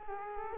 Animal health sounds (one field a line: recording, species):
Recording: mosquito wingbeat signal from an infrared sensor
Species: Culex quinquefasciatus